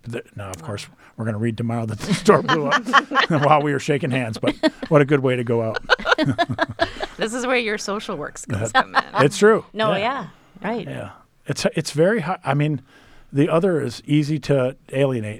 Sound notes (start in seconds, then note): 3.4 laughter; 5.8 laughter